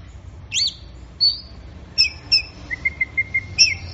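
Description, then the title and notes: Orange-headed thrush singing brief high whistled phrases, followed by a rapid run of short, evenly spaced piping notes. Bird in gacor (full, vigorous) song. "Anis Merah Gacor Teler. Kumpulan Suara Burung Anis"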